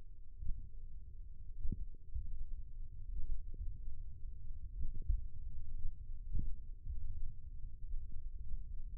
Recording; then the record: forearm muscle sounds (acoustic myography)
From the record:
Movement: finger pinch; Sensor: system 1, eight BSWA MPA416 microphones around the upper forearm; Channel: 3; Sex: male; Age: 20 years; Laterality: left